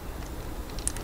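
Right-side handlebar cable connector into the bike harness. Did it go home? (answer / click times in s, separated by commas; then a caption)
yes / 0.9 s. The right-side (throttle side) handlebar cable connector on a 2024 Harley-Davidson Road Glide, fitted with 23.5 handlebars, is pushed into the bike's wiring harness. Softer plastic ticks at 0.8 s and 1.0 s surround a sharp, bright click at 0.9 s. The connector is confirmed seated.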